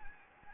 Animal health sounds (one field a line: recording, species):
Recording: mosquito wingbeat signal from an infrared sensor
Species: Anopheles gambiae